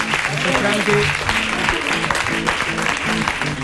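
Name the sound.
audience applause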